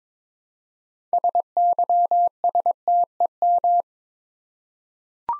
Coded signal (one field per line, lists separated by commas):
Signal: Morse code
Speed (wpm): 23 wpm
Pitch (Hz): 700 Hz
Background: none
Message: SYSTEM